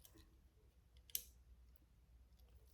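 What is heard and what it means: Upper thread on a Techsew 4800 Pro sewing machine is pushed into the final tension disc and thread guide, giving a single sharp, bright click at 1.2 s against a quiet background. The thread snaps into the last tension disc and is seated, showing the machine is threaded correctly.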